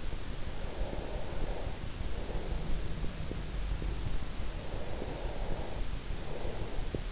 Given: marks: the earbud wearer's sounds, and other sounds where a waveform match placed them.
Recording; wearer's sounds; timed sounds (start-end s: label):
sounds in sleep by an in-ear microphone; breath
0.38-3.22 s: breath
4.38-7.12 s: breath